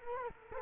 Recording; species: mosquito wingbeat signal from an infrared sensor; Culex quinquefasciatus